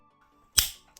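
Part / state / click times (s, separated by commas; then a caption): toy bus body onto its baseplate locking pin / seated / 0.6 s. The restored die-cast metal body of a 1957 Matchbox No. 5b London Bus is forced onto its baseplate by brute force until the locking pin snaps into place. A single sharp, bright snap rings out at 0.6 s and fades over about a quarter second, followed by a faint tick near 1.0 s. The body is seated solidly back together, though the paint was taken off the end of the locking pin.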